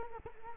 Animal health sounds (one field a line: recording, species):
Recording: mosquito wingbeat signal from an infrared sensor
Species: Culex quinquefasciatus